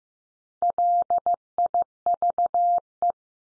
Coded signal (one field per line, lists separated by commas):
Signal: Morse code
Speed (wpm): 15 wpm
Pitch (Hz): 700 Hz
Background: none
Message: LIVE